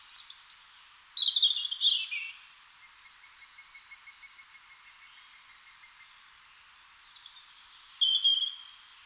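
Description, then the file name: European robin song: a high descending wistful phrase, several seconds of quiet with a faint thin whistle, then another short high warbled phrase. "Erithacus rubecula"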